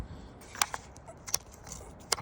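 The high-pressure hose end of a gas-powered pressure washer is handled and pushed toward the spray wand's quick-connect coupling, with faint handling noise. Three short, bright taps stand out at about 0.6, 1.3 and 2.1 seconds. Nothing has seated or clicked yet.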